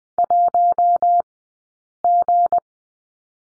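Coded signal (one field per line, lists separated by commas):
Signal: Morse code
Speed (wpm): 20 wpm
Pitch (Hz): 700 Hz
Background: none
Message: 1G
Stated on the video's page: Morse course lesson on the number 7 at Farnsworth speed 20/10 wpm.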